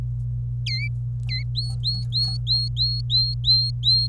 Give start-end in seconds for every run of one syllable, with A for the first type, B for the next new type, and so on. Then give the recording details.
0.66-0.88 A, 1.29-1.42 A, 1.55-4.08 B. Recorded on 26 April 2018 at 11:39. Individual llb3